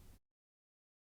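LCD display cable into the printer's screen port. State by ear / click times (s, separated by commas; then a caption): not seated / none. The LCD ribbon cable is being handled at the screen port of a Bambu Lab P1S Combo 3D printer, which has a small white retaining clip. A short broadband rustle of handling noise fills the first 0.2 seconds, fades out by about 0.3 seconds, and is followed by silence. Nothing has seated or clicked yet.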